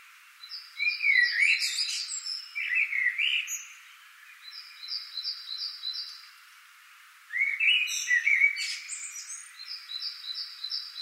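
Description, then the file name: Common blackbird fluting warbles with sharp high squeaky flourishes, two phrases several seconds apart, alongside another bird's repeated strings of short high notes. "Turdus merula"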